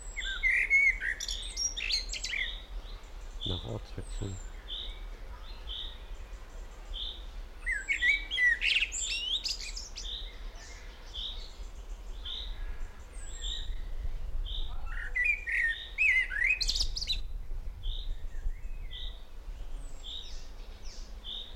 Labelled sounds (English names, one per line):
Common Blackbird